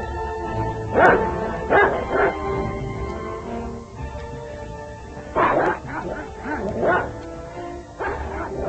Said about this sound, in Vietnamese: Con chó nhà hàng xóm thì cứ lao tới phía ông mà sủa, rồi lại lùi xa xa gầm gừ và lại chồm tới y như xua đuổi người quân trộm.